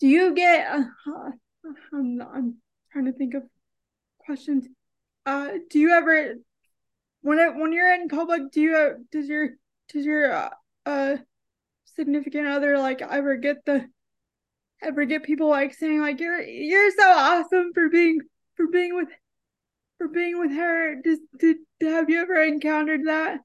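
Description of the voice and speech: An adult woman with cerebral palsy asks a question in a high voice, with many long pauses, stretched fillers and repeated words and phrases ("does your, does your", "for being with, for being with"). Some consonants sound weakened. These are features of mild slurred speech from cerebral palsy.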